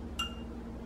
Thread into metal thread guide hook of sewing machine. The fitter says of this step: so I'm taking the thread and you're going to hear even a little click because you want to make sure you push it up all the way so listen